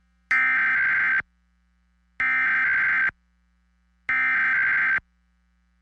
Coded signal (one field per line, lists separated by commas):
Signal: Emergency Alert System (SAME) tones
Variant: header bursts